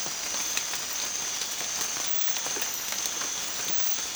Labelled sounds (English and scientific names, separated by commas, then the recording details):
none
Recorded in pastures near Puerto Asís, Putumayo, Colombia, on 27 June 2025 at 05:30
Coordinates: 0.502, -76.324
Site G010